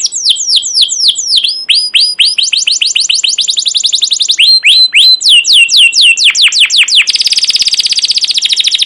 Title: CUIT CUIT NGEROL LANGSUNG GACOR PANJANG Kenari Ini AMPUH Utk Pancingan KENAR